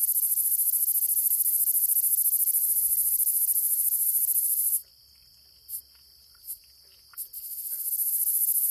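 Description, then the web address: Gladiator meadow katydid song: a continuous high, hissing buzz for nearly five seconds, then a pause with a few short ticking bursts before the buzz starts again; a fainter steady whine beneath. North America. "Songs of Insects. Gladiator Meadow Katydid"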